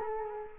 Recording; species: mosquito wingbeat signal from an infrared sensor; Culex quinquefasciatus